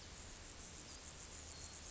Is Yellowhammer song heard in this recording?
no